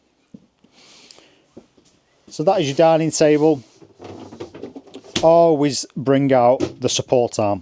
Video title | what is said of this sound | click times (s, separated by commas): 2026 Chausson Titanium Line 650 Instructional Video | And then it will lock into place like so. | 1.1 s